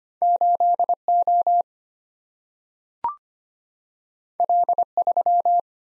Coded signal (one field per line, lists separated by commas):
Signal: Morse code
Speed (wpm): 25 wpm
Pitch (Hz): 700 Hz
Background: none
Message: 8O L3